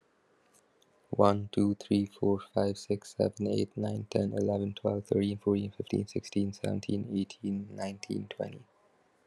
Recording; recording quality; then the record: counting at a fast pace; excellent, no background noise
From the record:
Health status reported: recovered from COVID-19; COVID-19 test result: positive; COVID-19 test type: RT-PCR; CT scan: not taken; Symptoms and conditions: cough, fatigue, muscle pain, loss of smell and taste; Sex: male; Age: 21 years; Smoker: no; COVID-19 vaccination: both doses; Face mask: not worn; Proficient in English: yes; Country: India